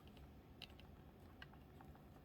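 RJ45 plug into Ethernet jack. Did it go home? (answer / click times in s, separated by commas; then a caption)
no / none. A test-wire RJ45 plug is handled at an Ethernet port, with faint, light plastic ticks near 0.6, 0.8, 1.4 and 1.8 seconds and a sharper, louder transient at the very end. Nothing has seated or clicked yet; the plug is not yet home.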